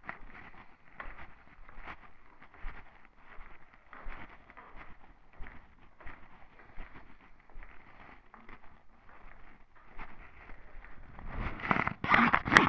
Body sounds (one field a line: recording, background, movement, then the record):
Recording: deep breathing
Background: quiet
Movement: walking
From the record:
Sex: female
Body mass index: 18.3 kg/m2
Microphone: on the chest, facing the body